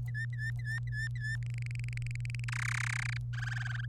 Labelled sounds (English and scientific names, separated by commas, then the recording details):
Domestic Canary (Serinus canaria) song
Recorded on 26 April 2018 at 15:54
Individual llb3